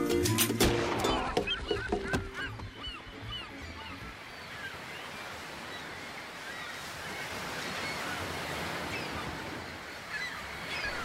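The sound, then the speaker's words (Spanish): A steady, hissing wash of sea waves runs throughout, with loud goose-like honks and squawks crowding the first couple of seconds and scattered bird calls over the surf afterward. “Qué bonito el sonido del mar, ¿no?”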